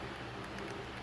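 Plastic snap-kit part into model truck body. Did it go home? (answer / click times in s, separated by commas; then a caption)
no / none. A plastic snap-kit part is handled and pressed at the middle into a Chevy Silverado model truck body, heard as steady hiss with light rustling handling noise and a brief faint tick at 0.7 s. The part has not snapped into place yet; nothing has seated or clicked.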